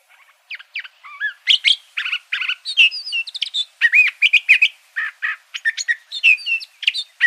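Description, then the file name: Curve-billed thrasher singing a rapid, varied run of whistled, slurred and buzzy phrases, notes tumbling together almost without pause; no other sounds. Recorded in Arizona. "CBTH 8 Deviche"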